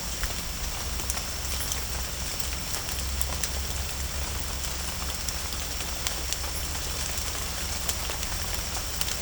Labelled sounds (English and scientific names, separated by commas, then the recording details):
none
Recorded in pastures near Puerto Asís, Putumayo, Colombia, on 16 December 2024 at 17:00
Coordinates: 0.466, -76.322
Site G040